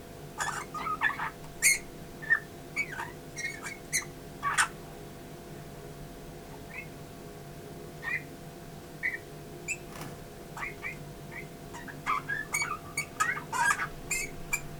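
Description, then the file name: Eurasian bullfinch giving soft short whistles in loose clusters, with a quieter gap midway, over clicking sounds and a faint steady hum. "Pyrrhula pyrrhula"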